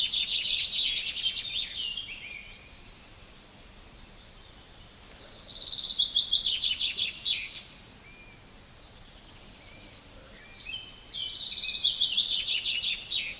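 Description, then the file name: Common chaffinch song: three bright, descending trilled phrases, repeated every few seconds against a soft background hiss. "Fringilla coelebs"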